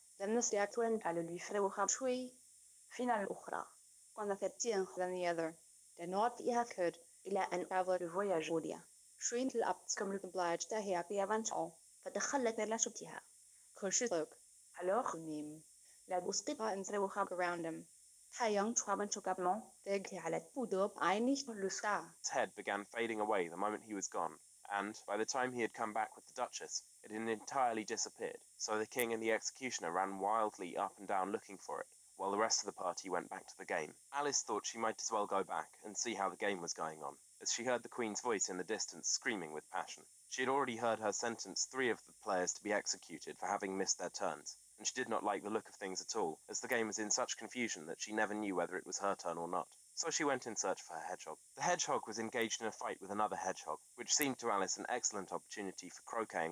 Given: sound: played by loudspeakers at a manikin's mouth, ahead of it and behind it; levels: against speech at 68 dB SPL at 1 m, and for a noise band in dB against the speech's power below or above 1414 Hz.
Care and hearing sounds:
test signals for a remote microphone
0.00-22.24 s: speech test signal (ISTS)
22.24-56.52 s: man speaking
From the record:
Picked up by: remote microphone D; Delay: 24 ms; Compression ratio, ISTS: 1.24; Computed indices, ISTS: SII 0.997, HASPI 0.990, HASQI 0.385 (non-linear 0.446, linear 0.863), ESTOI 0.888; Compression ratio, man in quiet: 1.31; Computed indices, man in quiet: SII 0.994, HASPI 0.998, HASQI 0.363 (non-linear 0.417, linear 0.872), ESTOI 0.824

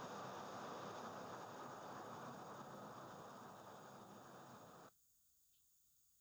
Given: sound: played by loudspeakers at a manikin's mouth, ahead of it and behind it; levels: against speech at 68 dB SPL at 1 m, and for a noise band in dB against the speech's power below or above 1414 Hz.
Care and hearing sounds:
test signals for a remote microphone
0.00-4.88 s: speech-spectrum noise from the mouth, turned 45 degrees right
From the record:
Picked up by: remote receiver E, fed by microphone B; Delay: 43 ms

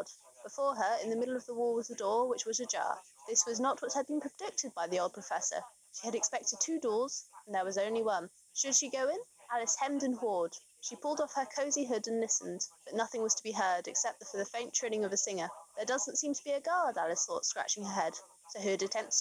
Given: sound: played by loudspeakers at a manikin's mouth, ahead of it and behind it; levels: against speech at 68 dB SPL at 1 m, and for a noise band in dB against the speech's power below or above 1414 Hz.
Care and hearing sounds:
test signals for a remote microphone
0.00-19.21 s: woman speaking, babble ahead at +6 dB SNR for speech at 1 m
From the record:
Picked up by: remote microphone B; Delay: 24 ms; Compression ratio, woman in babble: 1.71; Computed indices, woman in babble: HASPI 0.957, HASQI 0.352 (non-linear 0.409, linear 0.859), ESTOI 0.804

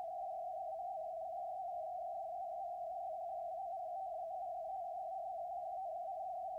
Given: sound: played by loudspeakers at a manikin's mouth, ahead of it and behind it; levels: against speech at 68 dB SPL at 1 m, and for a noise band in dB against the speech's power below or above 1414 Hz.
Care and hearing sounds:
test signals for a remote microphone
0.00-6.59 s: noise band at 707 Hz, as loud as that band is in speech
From the record:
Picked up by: measurement microphone

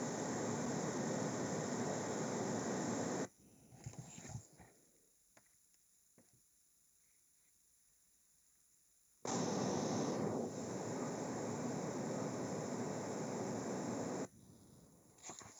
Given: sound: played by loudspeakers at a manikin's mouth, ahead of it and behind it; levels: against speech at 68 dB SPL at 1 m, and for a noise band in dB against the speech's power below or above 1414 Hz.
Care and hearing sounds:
test signals for a remote microphone
0.00-3.25 s: speech-spectrum noise from the mouth, facing ahead
9.25-14.25 s: speech-spectrum noise from the mouth, turned 45 degrees right
From the record:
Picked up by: remote microphone A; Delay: 47 ms

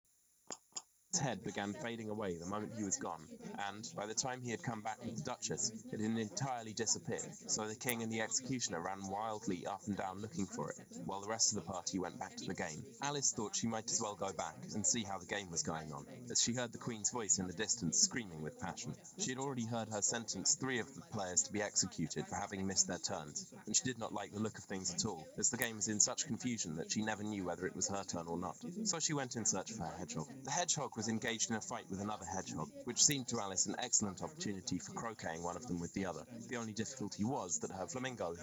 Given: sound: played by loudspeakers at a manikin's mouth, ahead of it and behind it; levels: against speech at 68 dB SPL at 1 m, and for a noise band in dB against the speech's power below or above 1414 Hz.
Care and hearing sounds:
test signals for a remote microphone
0.50 s: click
0.75 s: click
1.13-38.43 s: man speaking, babble ahead at +6 dB SNR for speech at 1 m
From the record:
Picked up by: remote microphone A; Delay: 47 ms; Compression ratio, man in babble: 10.50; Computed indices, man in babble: HASPI 1.000, HASQI 0.322 (non-linear 0.372, linear 0.866), ESTOI 0.714

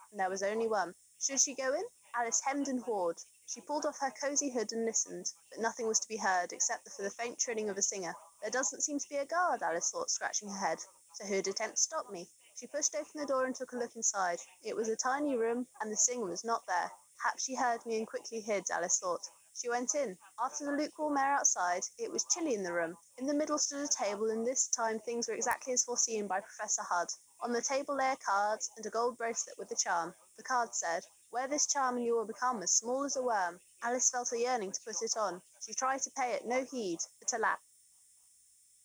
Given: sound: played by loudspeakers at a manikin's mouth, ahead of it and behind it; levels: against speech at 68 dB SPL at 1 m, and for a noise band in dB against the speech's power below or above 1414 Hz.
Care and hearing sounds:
test signals for a remote microphone
0.00-37.54 s: woman speaking, babble ahead at +6 dB SNR for speech at 1 m
From the record:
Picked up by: remote microphone C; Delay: 23 ms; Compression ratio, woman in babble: 1.51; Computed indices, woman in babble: HASPI 0.867, HASQI 0.307 (non-linear 0.358, linear 0.857), ESTOI 0.784

